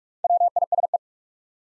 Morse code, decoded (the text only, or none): WISE